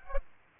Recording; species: mosquito wingbeat signal from an infrared sensor; Aedes aegypti